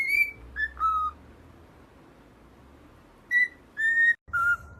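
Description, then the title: Cockatiel giving a few short level whistles, then a long pause before three more whistles. Several cockatiels singing, whistled song. "Calopsitas Cantando Assobio"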